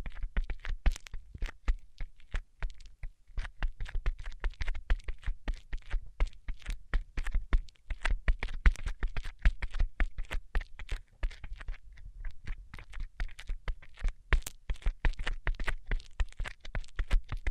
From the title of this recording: Tapping Tingle Immunity Treatment (No Talking)